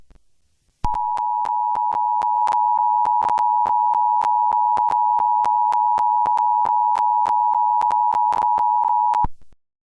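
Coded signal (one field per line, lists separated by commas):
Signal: Emergency Alert System (SAME) tones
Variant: 853 and 960 Hz attention tone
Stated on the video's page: Fictional EAS scenario alert about lava.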